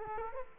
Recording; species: mosquito wingbeat signal from an infrared sensor; Culex quinquefasciatus